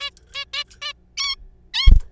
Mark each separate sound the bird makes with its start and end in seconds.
0.01-0.10, 0.35-0.45, 0.54-0.63, 0.82-0.92, 1.17-1.36, 1.74-1.91